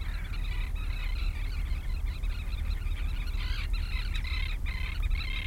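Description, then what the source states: Gulls crying in bursts of rough, pulsing squeals, with a continuous low rumble underneath. Near the sea.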